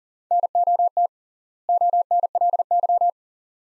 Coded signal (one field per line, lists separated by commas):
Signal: Morse code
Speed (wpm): 40 wpm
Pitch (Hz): 700 Hz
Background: none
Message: NOT ONLY